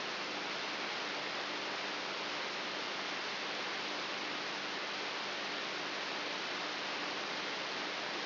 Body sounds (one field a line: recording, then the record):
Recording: brain microelectrode recording played as sound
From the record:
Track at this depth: inside the subthalamic nucleus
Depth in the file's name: 3.44 mm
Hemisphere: right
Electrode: 3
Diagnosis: Parkinson's disease